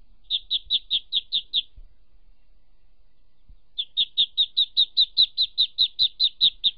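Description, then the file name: Ducklings peeping: short, high, chirpy notes in quick, even runs, seven peeps, a two-second pause, then about fifteen more. "Tieng vit con keu"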